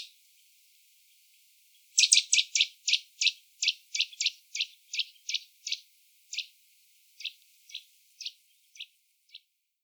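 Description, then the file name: Eurasian nuthatch giving a run of sharp, high ticking notes after a silent start, fast at first, then slowing and spacing out. "Sitta europaea"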